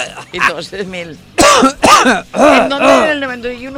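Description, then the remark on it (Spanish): A person clears their throat and coughs several times in harsh, raspy bursts, with rough voiced groans between them, filling the few seconds fairly loudly, on air during a 91.4 FM radio broadcast. “En el 91.4 FM, con tos y todo, y gargajos y tal.”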